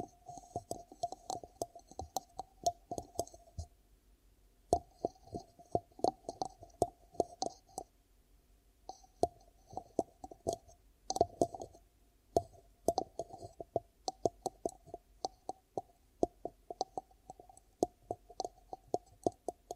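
Ear cupping sounds made by hands, a steady stream of soft muffled pats and thumps with a hollow, low-middle body and faint crisp edges. The taps come in quick irregular bursts throughout, with short pauses near five and eight seconds.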